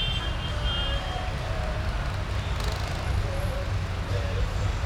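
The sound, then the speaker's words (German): A convoy of 120 colourfully lit tractors rolls through a municipal area on a 17-kilometre route in a continuous, heavy low diesel rumble that stays steady and loud throughout, with faint higher whines and tones drifting over the engine drone. “17 Kilometer, 120 Trecker durchs Gemeindegebiet.”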